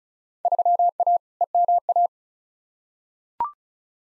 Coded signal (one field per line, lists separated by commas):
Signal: Morse code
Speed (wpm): 36 wpm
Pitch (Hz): 700 Hz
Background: none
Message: 3A EMA